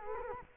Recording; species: mosquito wingbeat signal from an infrared sensor; Culex quinquefasciatus